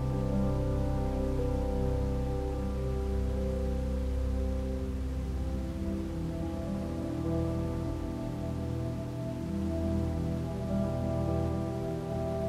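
Soft piano plays sustained, overlapping low and middle notes, the chords shifting slowly around the midpoint, with no sharp attacks standing out. A steady, even hiss like gentle rain runs underneath throughout, and the overall level stays constant.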